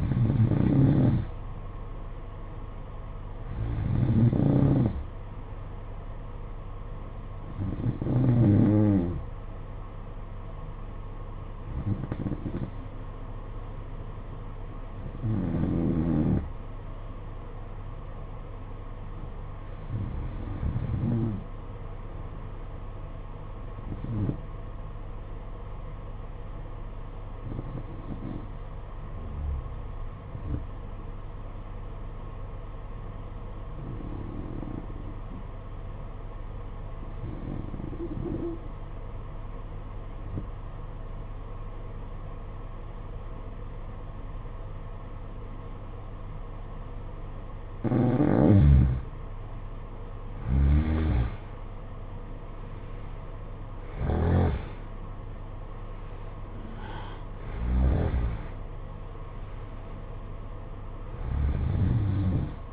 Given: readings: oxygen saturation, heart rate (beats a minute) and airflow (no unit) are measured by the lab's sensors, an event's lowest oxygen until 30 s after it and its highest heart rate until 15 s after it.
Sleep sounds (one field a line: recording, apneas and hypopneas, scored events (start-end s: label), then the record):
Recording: breathing in sleep by a smartphone at the bedside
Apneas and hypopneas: 1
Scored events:
4.00-34.00 s: new sleep stage, N1 (lightest sleep)
15.00-49.80 s: hypopnea (N1, oxygen 95% highest, then 87% lowest, heart rate 53 at the start, 65 highest)
34.00-62.73 s: new sleep stage, N2 (light sleep)
From the record:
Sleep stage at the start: N2 (light sleep)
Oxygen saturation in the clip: 89 to 95%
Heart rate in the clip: 52 to 65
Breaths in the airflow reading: 14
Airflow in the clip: -11.4 to 11.6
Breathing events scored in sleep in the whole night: 476 in 9.7 hours asleep